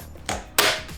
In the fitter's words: pull that out and it locks into place so super easy for assembly